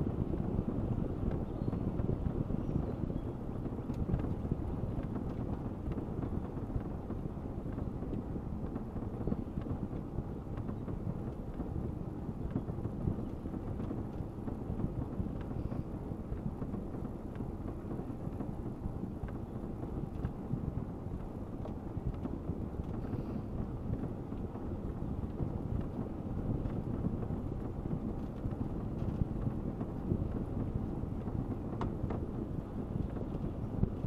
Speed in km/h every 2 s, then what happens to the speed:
20, 19, 18, 17, 17, 17, 17, 16, 17, 18, 18, 19, 18, 19, 19, 19, 20.
0-34 steady at about 18.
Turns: none.